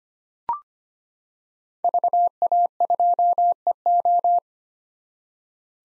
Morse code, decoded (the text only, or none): VA2EO